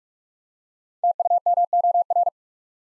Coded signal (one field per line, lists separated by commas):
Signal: Morse code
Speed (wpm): 44 wpm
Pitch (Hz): 700 Hz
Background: none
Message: TUMOR